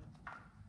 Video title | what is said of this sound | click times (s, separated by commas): Super Ténéré 1200 Valve Clearance & Chain tensioner | press in and click | 0.3 s